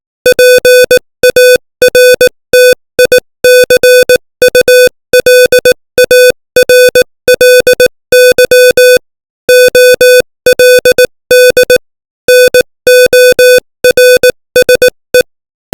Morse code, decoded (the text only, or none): PARTICULARLY OLD NORSE